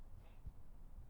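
A deep, muffled thump from an adult's heart sounds near the middle, with a fainter one just before the end, over a low background hum. These are ordinary heartbeat sounds heard close up; too short to judge rate or rhythm.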